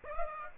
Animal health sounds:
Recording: mosquito wingbeat signal from an infrared sensor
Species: Aedes aegypti

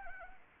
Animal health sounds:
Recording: mosquito wingbeat signal from an infrared sensor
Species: Anopheles arabiensis

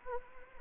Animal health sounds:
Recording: mosquito wingbeat signal from an infrared sensor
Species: Anopheles arabiensis

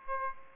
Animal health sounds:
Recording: mosquito wingbeat signal from an infrared sensor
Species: Aedes aegypti

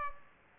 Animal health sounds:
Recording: mosquito wingbeat signal from an infrared sensor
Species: Aedes aegypti

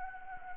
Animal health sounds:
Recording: mosquito wingbeat signal from an infrared sensor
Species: Anopheles arabiensis

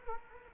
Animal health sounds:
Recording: mosquito wingbeat signal from an infrared sensor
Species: Culex quinquefasciatus

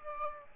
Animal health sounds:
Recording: mosquito wingbeat signal from an infrared sensor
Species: Aedes aegypti

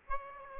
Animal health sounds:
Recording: mosquito wingbeat signal from an infrared sensor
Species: Aedes aegypti

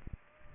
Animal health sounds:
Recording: mosquito wingbeat signal from an infrared sensor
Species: Aedes aegypti

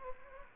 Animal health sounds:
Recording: mosquito wingbeat signal from an infrared sensor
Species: Aedes aegypti

